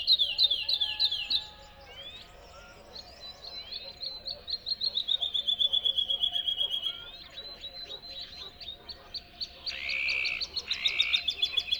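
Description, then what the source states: Bird song mixing quick trills, sliding whistles and a steady repeated series of notes, with buzzy phrases toward the end. Song delivered from a tree in the Spanish dehesas.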